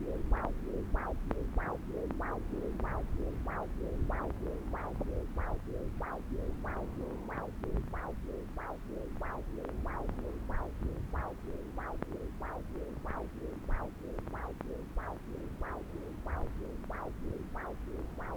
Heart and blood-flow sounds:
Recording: Doppler ultrasound of blood flow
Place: left subclavian vein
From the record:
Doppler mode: continuous wave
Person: adult scuba diver, at rest before a dive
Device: O'Dive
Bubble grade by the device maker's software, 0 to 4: 0

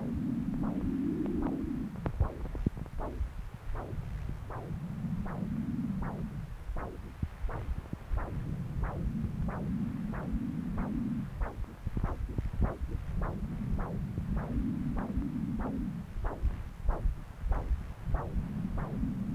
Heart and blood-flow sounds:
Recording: Doppler ultrasound of blood flow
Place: left subclavian vein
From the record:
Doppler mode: continuous wave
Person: adult scuba diver, at rest before a dive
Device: O'Dive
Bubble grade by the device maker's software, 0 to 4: 0

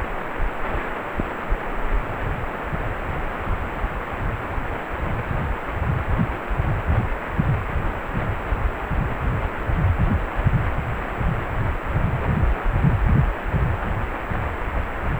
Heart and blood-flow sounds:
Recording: Doppler ultrasound of blood flow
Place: precordium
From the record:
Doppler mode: pulsed wave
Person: healthy adult, 18 to 50 years, no heart murmur, not diving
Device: 2.5 MHz transducer

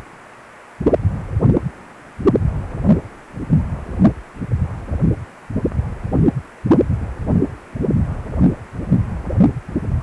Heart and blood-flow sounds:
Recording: Doppler ultrasound of blood flow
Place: precordium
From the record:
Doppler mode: continuous wave and pulsed wave in the uncut recording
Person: healthy adult, 18 to 50 years, no heart murmur, not diving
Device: 2.5 MHz transducer

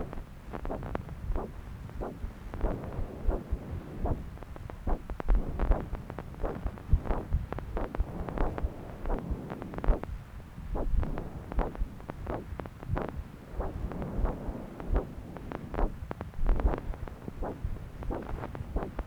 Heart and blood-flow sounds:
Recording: Doppler ultrasound of blood flow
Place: left subclavian vein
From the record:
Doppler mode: continuous wave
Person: adult scuba diver, at rest before a dive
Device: O'Dive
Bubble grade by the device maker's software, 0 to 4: 0

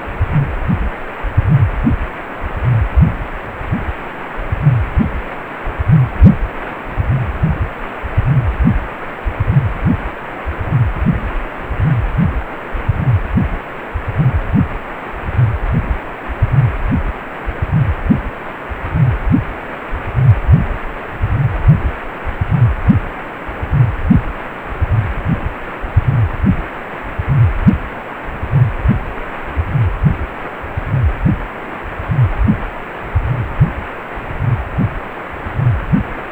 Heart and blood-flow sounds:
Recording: Doppler ultrasound of blood flow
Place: precordium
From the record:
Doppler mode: pulsed wave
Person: healthy adult, 18 to 50 years, no heart murmur, not diving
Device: 2.5 MHz transducer

